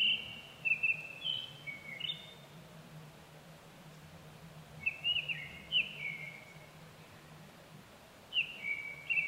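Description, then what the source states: Japanese thrush song in three phrases of clear whistled notes, sliding and fluty, spaced several seconds apart, with a few soft ticks and a low background hum. Recorded 25 April 2010 at 18:00.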